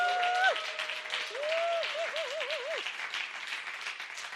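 A crowd applauds the Lord steadily throughout, a dense wash of clapping with a few high, wavering whoops and cheers rising over it in the first half before the applause gently tapers.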